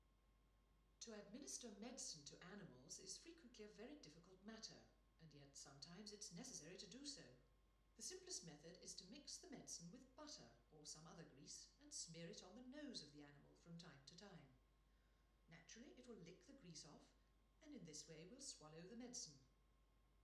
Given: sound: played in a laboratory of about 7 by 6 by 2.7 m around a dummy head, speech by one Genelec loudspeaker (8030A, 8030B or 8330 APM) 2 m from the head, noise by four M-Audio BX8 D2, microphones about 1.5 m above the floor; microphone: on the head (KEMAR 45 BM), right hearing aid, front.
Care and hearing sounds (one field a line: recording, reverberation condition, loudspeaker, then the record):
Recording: female speech in English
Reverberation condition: medium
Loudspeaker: 30 degrees to the right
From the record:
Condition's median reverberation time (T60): about 510 ms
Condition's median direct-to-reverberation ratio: about -0.5 dB